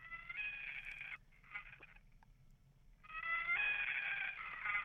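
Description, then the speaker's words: Common Loon calls: drawn-out, wailing tonal notes with rich harmonics. Two long calls are separated by a short pause containing quieter broken notes. Played by a caller as his favourite bird; said to sound a little like a peacock. "That is the Gavia immer, or common loon, which in Europe it's known as the Great Northern Diver."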